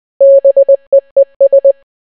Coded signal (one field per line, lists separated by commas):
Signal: Morse code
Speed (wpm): 20 wpm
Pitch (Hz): 550 Hz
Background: none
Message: BEES